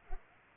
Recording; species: mosquito wingbeat signal from an infrared sensor; Culex pipiens